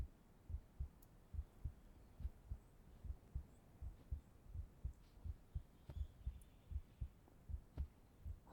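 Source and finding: Heart heard close to the chest (ASMR). Normal heartbeat.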